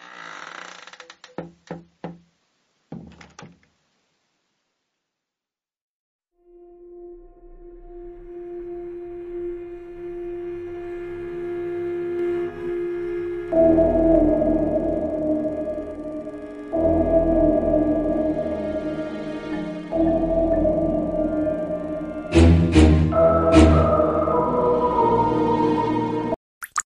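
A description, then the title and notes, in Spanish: Horror sound effects: a few sharp metallic clicks and knocks open the clip, then silence. From about six seconds a low, eerie tone swells and thickens into a droning, ringing mass with shifting pitches, punctuated by bright clanging hits near 22 seconds before stopping abruptly. Edición de sonidos de terror.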